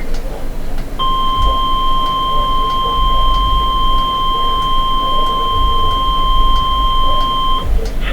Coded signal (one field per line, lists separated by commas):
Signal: Emergency Alert System (SAME) tones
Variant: 1050 Hz attention tone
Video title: Oops.. My basement's leaking again. || EAS Alerts from April 11-12, 2024 (EAS #2,574-2,584)